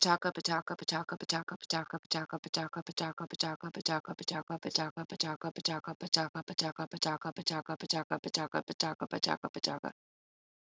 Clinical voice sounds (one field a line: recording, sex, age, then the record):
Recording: repeated syllables /pa ta ka/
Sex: female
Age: 30 to 39 years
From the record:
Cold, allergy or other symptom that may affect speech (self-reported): no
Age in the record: 37 years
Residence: California, United States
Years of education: 18